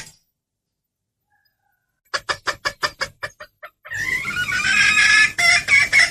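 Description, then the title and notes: Bird calls: after two seconds of silence, a quick series of sharp clucking notes, then a dense, harsh chattering with higher whistled streaks until the end. Bird lure sounds meant to attract stubborn birds that are hard to approach. "Suara Burung Bandel Yang Susah Mendekati. Suara Pikat Burung"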